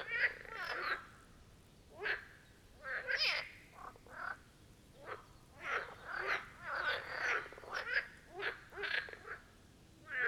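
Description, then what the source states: Marsh frog chorus of short, pulsed croak bursts from several frogs, with brief gaps between. Chorus of marsh frogs at the Birkensee, Schönbuch, Germany; recorded on one of the first properly hot summer days, 2023.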